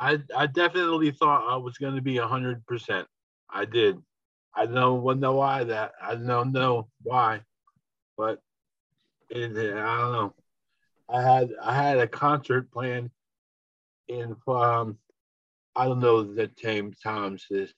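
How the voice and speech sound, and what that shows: Slow, halting adult speech with repeated "I don't know," long pauses and word-finding errors, fitting aphasia in a stroke survivor still recovering after the stroke.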